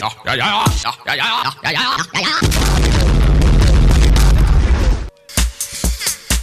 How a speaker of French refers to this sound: Et voilà, c'était un espèce de... je sais pas, un générique qu'on a voulu cutter parce que... parce que la situation était telle qu'il fallait.